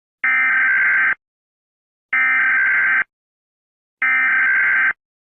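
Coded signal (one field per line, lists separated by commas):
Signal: Emergency Alert System (SAME) tones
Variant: header bursts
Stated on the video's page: Remastered recording of a 1990 Kuwait alarm.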